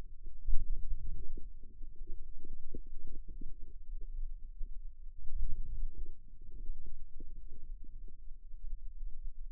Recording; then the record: forearm muscle sounds (acoustic myography)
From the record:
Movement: outward rotation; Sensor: system 2, bracelet of six BSWA MPA416 microphones around the upper forearm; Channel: 1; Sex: female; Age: 22 years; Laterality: right